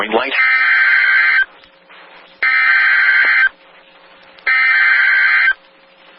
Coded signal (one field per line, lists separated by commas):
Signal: Emergency Alert System (SAME) tones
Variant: header bursts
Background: speech